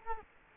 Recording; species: mosquito wingbeat signal from an infrared sensor; Culex quinquefasciatus